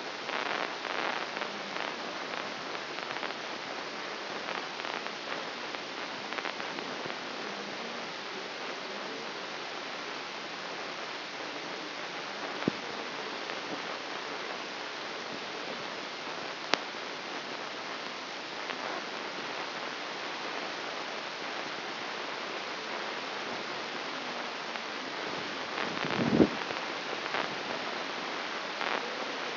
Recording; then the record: brain microelectrode recording played as sound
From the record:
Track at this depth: inside the subthalamic nucleus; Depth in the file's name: 6.305 mm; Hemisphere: left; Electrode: 3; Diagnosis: Parkinson's disease